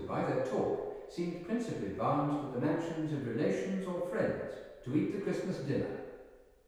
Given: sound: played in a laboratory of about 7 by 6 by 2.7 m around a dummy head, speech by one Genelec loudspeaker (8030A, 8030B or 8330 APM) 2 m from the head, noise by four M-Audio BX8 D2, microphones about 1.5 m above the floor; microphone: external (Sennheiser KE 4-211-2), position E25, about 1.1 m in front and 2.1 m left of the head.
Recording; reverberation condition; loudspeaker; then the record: male speech in English; high; 150 degrees to the left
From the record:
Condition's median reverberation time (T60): about 1300 ms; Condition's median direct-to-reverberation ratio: about -4.0 dB